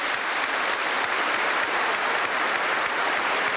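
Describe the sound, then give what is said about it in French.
Sustained applause from a large crowd in the Belgian parliament assembly in the presence of Queen Fabiola, a dense, steady wash of many hands clapping at an even loudness throughout, with no voices rising above it. “Nombreux applaudissements, mais surtout émotion intense de la reine Fabiola.”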